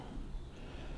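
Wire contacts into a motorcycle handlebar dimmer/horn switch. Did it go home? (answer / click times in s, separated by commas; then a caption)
no / none. Wire contacts are being handled and pushed into a handlebar dimmer and horn switch on a Harley-Davidson WLA motorcycle, after the wire ends have been fed through the switch body. Only a steady, low, breathy handling noise is heard, with no sharp transients. Nothing has seated or clicked into place yet.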